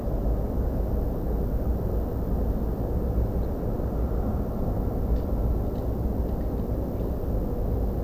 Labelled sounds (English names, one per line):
Ortolan Bunting